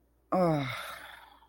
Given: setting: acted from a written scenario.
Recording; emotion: vocal sound without words; embarrassment